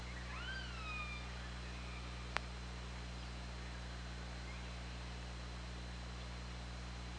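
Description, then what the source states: Orca call: one harmonic call that sweeps up then bends down within the first second, a sharp click shortly after, then steady low hum and hiss. Underwater hydrophone at OrcaLab, 24 August 2017, at 20:41:53.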